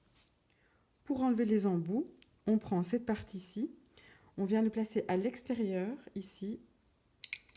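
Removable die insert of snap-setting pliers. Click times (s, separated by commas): 7.2 s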